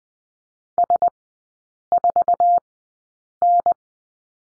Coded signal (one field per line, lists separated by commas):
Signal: Morse code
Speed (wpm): 20 wpm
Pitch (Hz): 700 Hz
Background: none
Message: S4N